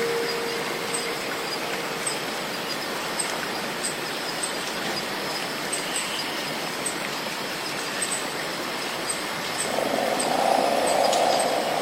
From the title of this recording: Walking in the ancient magical rainforest, stepping through the swamp, the healing sound of cicadas